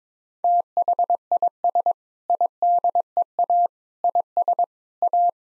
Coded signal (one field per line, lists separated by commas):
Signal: Morse code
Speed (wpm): 22 wpm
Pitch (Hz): 700 Hz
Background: none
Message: THIS IDEA IS A